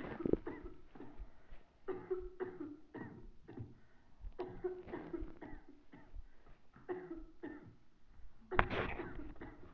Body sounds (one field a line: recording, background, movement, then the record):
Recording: deep breathing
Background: a bystander coughing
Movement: sitting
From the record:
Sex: female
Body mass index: 21.8 kg/m2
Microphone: on the chest, facing the body